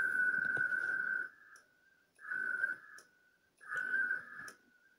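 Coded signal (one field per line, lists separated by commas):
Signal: HF data modem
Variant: ARDOP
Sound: three rough warbling tone bursts near 1.5 kHz, with fainter answering bursts between them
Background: radio static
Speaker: let's just listen in a little bit you can hear the protocol here and watch the protocol I'm sending a checksum right now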